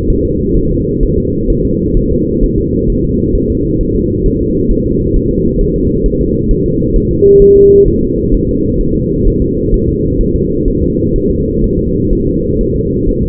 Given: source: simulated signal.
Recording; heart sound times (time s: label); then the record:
fetal heart sounds
0.10 s: S1
0.25 s: S2
0.57 s: S1
0.71 s: S2
1.03 s: S1
1.18 s: S2
1.50 s: S1
1.65 s: S2
1.97 s: S1
2.12 s: S2
2.43 s: S1
2.58 s: S2
2.90 s: S1
3.04 s: S2
3.35 s: S1
3.50 s: S2
3.81 s: S1
3.96 s: S2
4.26 s: S1
4.41 s: S2
4.71 s: S1
4.86 s: S2
5.16 s: S1
5.31 s: S2
5.61 s: S1
5.76 s: S2
6.06 s: S1
6.21 s: S2
6.51 s: S1
6.66 s: S2
6.96 s: S1
7.11 s: S2
7.42 s: S1
7.57 s: S2
7.88 s: S1
8.03 s: S2
8.34 s: S1
8.49 s: S2
8.81 s: S1
8.96 s: S2
9.27 s: S1
9.42 s: S2
9.74 s: S1
9.89 s: S2
10.21 s: S1
10.36 s: S2
10.68 s: S1
10.83 s: S2
11.16 s: S1
11.30 s: S2
11.64 s: S1
11.79 s: S2
12.13 s: S1
12.27 s: S2
12.61 s: S1
12.76 s: S2
13.09 s: S1
13.23 s: S2
From the record:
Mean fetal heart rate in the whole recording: 130 bpm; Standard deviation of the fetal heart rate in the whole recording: 4 bpm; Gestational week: 38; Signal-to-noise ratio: -14.7 dB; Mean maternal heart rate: 72 bpm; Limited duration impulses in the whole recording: present